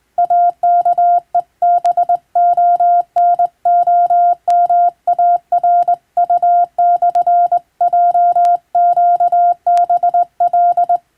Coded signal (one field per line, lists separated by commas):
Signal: Morse code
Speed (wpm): 20 wpm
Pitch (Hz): 700 Hz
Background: none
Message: AKEBONOMARU/JQBL